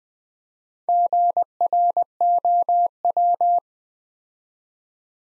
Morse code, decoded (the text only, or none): GROW